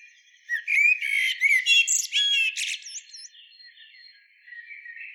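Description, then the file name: Eurasian blackbird giving a short song phrase of quick warbled whistles and high squeaks, followed by quieter, lower twittering. "Turdus merula"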